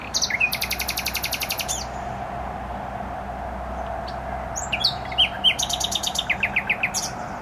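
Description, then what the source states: Nightingale song: a fast machine-gun rattle of repeated notes, a pause, then another varied phrase with trills and repeated notes, over steady motorway noise. Singing in bushes close to a noisy motorway, Trasa Toruńska, Bródno-Podgrodzie, Warsaw, Poland; recorded with an Olympus LS-11.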